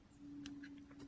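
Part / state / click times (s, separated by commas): antenna coax connectors into receiver board sockets / not seated / none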